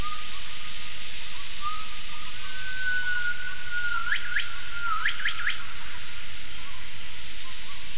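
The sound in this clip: Gibbon call: a long, steady whistled tone held for several seconds, then a run of quick rising whoops, over constant background noise.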